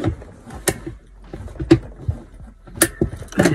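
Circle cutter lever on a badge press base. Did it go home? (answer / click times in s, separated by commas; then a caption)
yes / 0.7 s, 2.8 s. Someone presses the lever of a We R Memory Keepers Button Press circle cutter, mounted on its badge press base, to cut out a paper design. Two strong, sharp clicks ring out at 0.7 s and 2.8 s among softer knocks and handling noises. The two clicks confirm the cut went through as it should.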